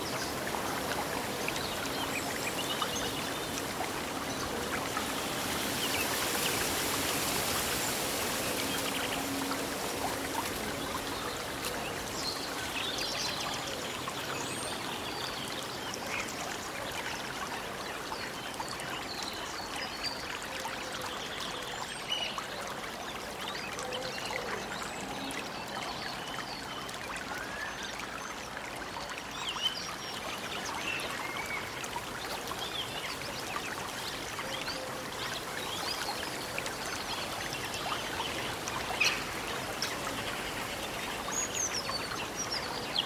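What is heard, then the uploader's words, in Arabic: Running water flows steadily throughout, a dense, even rush with a bright hiss that swells briefly around the six to nine second mark. Small chirps and rustling flicker through the top now and then, and a faint low hum sits underneath in the first half. الاستحمام في الغابة | أصوات الماء الجاري، الأوراق والطيور.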